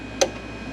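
A female quick connector is pushed onto a fuel line fitting where a blue connector was, while installing a flex fuel kit on a 370Z. A single sharp click sounds at 0.2 s, a short bright burst over a steady low background, as the connector seats onto the line.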